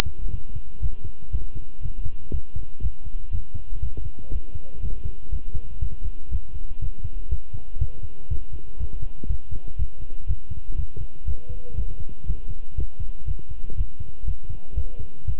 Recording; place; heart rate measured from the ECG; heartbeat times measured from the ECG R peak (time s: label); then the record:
heart sounds by stethoscope; between the tricuspid and mitral areas; 120 bpm
0.32 s: heartbeat
0.82 s: heartbeat
1.32 s: heartbeat
1.83 s: heartbeat
2.33 s: heartbeat
2.82 s: heartbeat
3.32 s: heartbeat
3.82 s: heartbeat
4.32 s: heartbeat
4.82 s: heartbeat
5.32 s: heartbeat
5.81 s: heartbeat
6.31 s: heartbeat
6.81 s: heartbeat
7.31 s: heartbeat
7.80 s: heartbeat
8.30 s: heartbeat
8.79 s: heartbeat
9.29 s: heartbeat
9.78 s: heartbeat
10.28 s: heartbeat
10.77 s: heartbeat
11.27 s: heartbeat
11.77 s: heartbeat
12.27 s: heartbeat
12.77 s: heartbeat
13.27 s: heartbeat
13.77 s: heartbeat
14.27 s: heartbeat
14.76 s: heartbeat
15.27 s: heartbeat
From the record:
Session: walking at 3.7 km/h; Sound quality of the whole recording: good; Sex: male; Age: 25 years